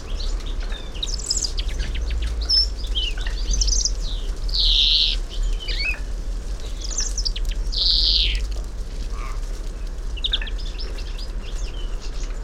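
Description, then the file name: European greenfinch calls: two drawn-out buzzy wheezes among scattered short chirps, over a constant low background hum. "Chloris chloris"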